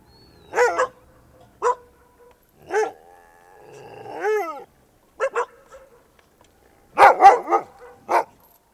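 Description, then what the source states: Dog giving single sharp barks, a short rising-and-falling howl in the middle, then a quick burst of several barks near the end. Barking and howling, recorded outdoors.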